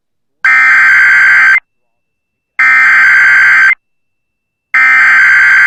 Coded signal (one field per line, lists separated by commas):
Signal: Emergency Alert System (SAME) tones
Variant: header bursts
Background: speech